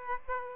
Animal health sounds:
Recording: mosquito wingbeat signal from an infrared sensor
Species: Aedes aegypti

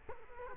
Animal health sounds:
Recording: mosquito wingbeat signal from an infrared sensor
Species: Culex quinquefasciatus

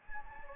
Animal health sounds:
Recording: mosquito wingbeat signal from an infrared sensor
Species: Anopheles gambiae

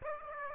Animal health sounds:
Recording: mosquito wingbeat signal from an infrared sensor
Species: Aedes aegypti

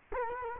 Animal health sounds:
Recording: mosquito wingbeat signal from an infrared sensor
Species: Culex quinquefasciatus

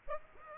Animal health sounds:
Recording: mosquito wingbeat signal from an infrared sensor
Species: Aedes aegypti

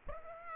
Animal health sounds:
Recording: mosquito wingbeat signal from an infrared sensor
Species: Aedes aegypti

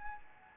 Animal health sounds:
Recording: mosquito wingbeat signal from an infrared sensor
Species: Anopheles gambiae

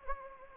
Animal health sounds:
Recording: mosquito wingbeat signal from an infrared sensor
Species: Anopheles gambiae

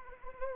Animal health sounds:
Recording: mosquito wingbeat signal from an infrared sensor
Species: Anopheles arabiensis

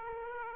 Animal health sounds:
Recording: mosquito wingbeat signal from an infrared sensor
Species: Aedes aegypti

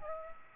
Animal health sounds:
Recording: mosquito wingbeat signal from an infrared sensor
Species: Aedes aegypti

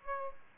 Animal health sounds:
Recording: mosquito wingbeat signal from an infrared sensor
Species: Aedes aegypti

